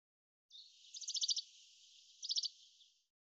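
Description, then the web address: Bird calls: two short bursts of rapid, high trilled notes about a second apart, over a faint hiss. "Deverinetal 2025 Bird Fr Co"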